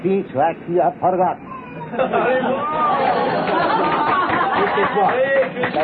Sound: laughter